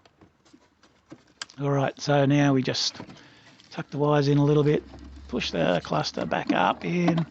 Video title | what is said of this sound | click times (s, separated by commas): ELGRAND BCM ACCESS E51 NISSAN FOB KEY PROGRAMMING CODE ACCESS LOCATION | it's a bit difficult doing it one hand as I said before but uh yeah push it in until it clicks home | 1.4 s